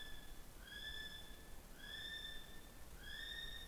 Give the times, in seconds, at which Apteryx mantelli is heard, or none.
0.00-3.68